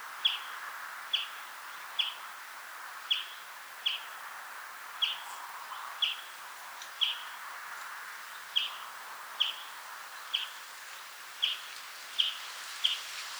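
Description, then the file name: European greenfinch giving regular short chipping calls, about one per second, with a rushing background noise throughout. "Chloris chloris"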